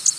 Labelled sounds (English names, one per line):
Canada Warbler flight call